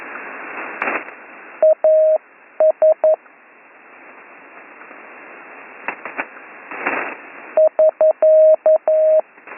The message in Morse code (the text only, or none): AS <SK>